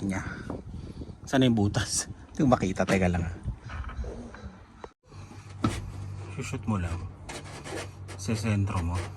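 A camping equipment part is moved around and lined up with its mounting hole before being pushed in, with rubbing and scraping sounds while someone talks. Nothing has seated or clicked yet.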